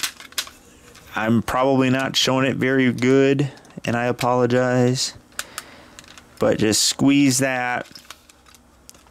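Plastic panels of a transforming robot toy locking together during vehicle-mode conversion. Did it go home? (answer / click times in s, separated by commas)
no / none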